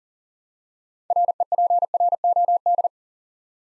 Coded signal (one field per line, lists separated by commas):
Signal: Morse code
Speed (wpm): 42 wpm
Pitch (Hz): 700 Hz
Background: none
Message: REPROD